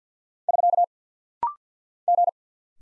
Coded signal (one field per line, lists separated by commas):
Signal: Morse code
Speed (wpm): 50 wpm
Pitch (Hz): 700 Hz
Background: none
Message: <SK> G